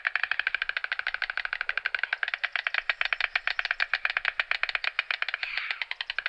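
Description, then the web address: White storks bill-clattering, a fast dry wooden rattle of rapid clicks running steadily throughout, with a brief softer swell near the end. Several white storks clicking. "Sony Creative Software Sony Pictures Sound Effects Series Volumes 1-10 Volume 1 Animals White Storks Clicking"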